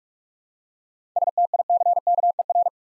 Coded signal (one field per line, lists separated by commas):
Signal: Morse code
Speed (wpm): 44 wpm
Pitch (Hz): 700 Hz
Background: none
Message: STICKER